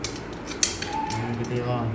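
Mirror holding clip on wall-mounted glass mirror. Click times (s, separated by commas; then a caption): 0.6 s. A round mirror-holding clip on a wall-mounted glass mirror is turned against the glass until it locks. There is a sharp click at 0.6 s as it seats, with smaller taps around it, while someone talks. The clip is locked in place.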